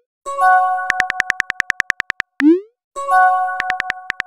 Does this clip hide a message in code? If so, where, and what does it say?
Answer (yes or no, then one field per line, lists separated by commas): no